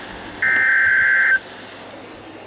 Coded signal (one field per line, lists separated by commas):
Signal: Emergency Alert System (SAME) tones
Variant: header bursts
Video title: 2025's Final Haul to EAS 3000 | EAS Alerts From 12/28/2025 (EAS #2,994-3,019)